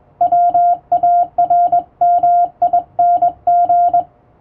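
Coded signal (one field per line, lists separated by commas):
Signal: Morse code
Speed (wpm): 20 wpm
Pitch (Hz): 700 Hz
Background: none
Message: WARMING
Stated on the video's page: Hand-sent international Morse practice on a straight (vertical) key, using typing-speed test text; playback speed adjustable.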